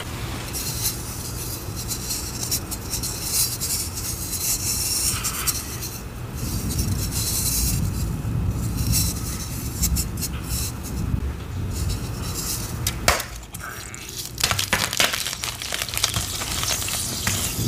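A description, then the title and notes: Chalk sticks are crushed and ground, making a dense, steady crunching and crumbling that runs through the whole recording. Gritty rubbing alternates with sharper cracks and snaps, clustered around the middle and after the thirteenth second. Dry. ASMR crushing yellow dyed gym chalk sticks.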